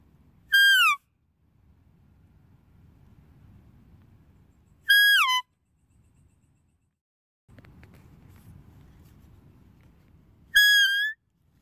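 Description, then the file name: Deer calls: three short, high whistles spaced several seconds apart, the first two dropping sharply in pitch and the last rising slightly at its end, with faint low rumbling between them. "Tieng con nai keu"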